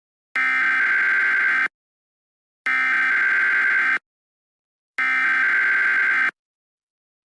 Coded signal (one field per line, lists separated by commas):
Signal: Emergency Alert System (SAME) tones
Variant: header bursts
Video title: EAS Scenario #9 - Hyper Tornadoes (A start of a new series....)